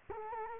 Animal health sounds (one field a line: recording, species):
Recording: mosquito wingbeat signal from an infrared sensor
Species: Culex quinquefasciatus